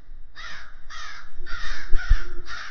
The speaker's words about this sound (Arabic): كملت بصوت الغربان اللي بتطاردني في أحلامي وبصحى عليها. بقالي أكتر من شهر بصحى على صوت غراب. أقدر أقول إن ده اللي بيصحيني من النوم.